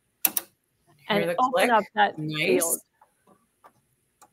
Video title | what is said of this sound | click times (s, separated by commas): It’s a Stitching Sister Reunion! - Between Friends | and then i'm going to snap that into place | 0.2 s, 0.4 s